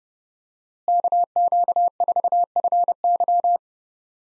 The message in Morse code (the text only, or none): KQ4FY